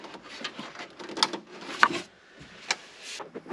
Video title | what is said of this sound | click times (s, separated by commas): 2009-2015 Honda Pilot Windshield Washer Reservoir Replacement W/ Pumps | Should hear a click when you push down. | 1.8 s